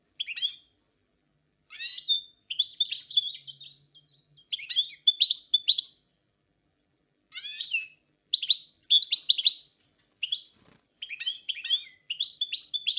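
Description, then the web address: Song thrush song in short bursts of bright whistled and chattering phrases, separated by brief pauses. Forest songbird. "Pevchie pticy lesa - Pevchij drozd"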